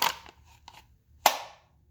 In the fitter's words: so listen for that click